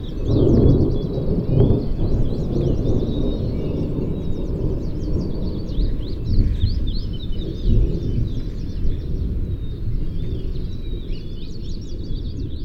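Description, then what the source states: Songbirds singing, many thin high chirps and quick slurred notes repeating throughout, over a steady deep rumble. Recorded at Glacier Bay with thunder.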